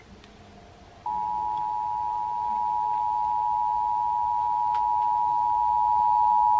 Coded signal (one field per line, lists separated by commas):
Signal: Emergency Alert System (SAME) tones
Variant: 853 and 960 Hz attention tone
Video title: Shasta's RMT (EAS #1963-1975)